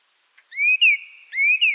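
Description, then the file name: Song thrush song: a bright whistled phrase, rising and then falling, repeated twice. "Pevchii drozd"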